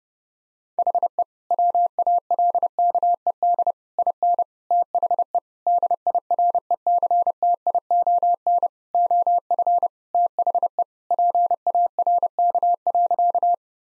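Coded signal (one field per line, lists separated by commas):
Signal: Morse code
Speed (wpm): 30 wpm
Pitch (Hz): 700 Hz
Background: none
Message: HE WALKED IN THE DIRECTION OF THE PARK.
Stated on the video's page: Morse practice at 30 wpm: sentences with common five-word phrases, sent, spoken, then sent again for head-copy.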